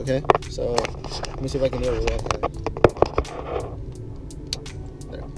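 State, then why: Seated. Someone talks while pushing the large plastic plug of a Dension GBL3AU2 Bluetooth module harness into the multicolored wiring connector behind an Audi Concert radio. Scrapes and sharp plastic knocks are heard as it is worked in. The connector clicks into place at 4.5 s and is seated.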